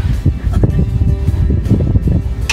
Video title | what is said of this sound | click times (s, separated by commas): Fully Electric Campervan: DIY Conversion Process (Nissan e-NV200) | clicks into place. | 2.5 s